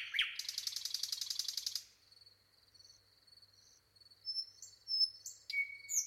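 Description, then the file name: Common nightingale song opens with a fast, harsh rattling phrase, then shifts to soft high notes and sharp, varied whistles and chirps. "Luscinia megarhynchos"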